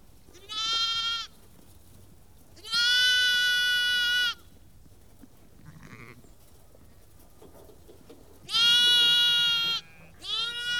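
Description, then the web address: Sheep bleats, four loud clear harmonic calls separated by quieter gaps with faint other bleats between. About 30 to 50 ewes and lambs calling together. "BBC Sound Effects Library (Livestock) About 30-50 Ewes and Lambs Calling"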